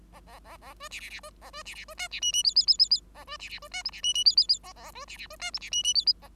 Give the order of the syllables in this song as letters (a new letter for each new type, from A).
A A A A B C C C B A B C C B D C E E F F F F F A B C C B D G C E E F F F A A B C C B D G C E E F F A